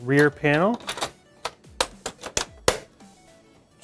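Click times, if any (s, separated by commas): 1.8 s, 2.4 s, 2.7 s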